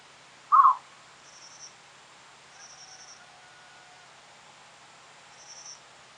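Eurasian bittern calling once with a brief, rough, croaking bark, followed by quiet background with a few faint high ticking sounds and a soft hiss.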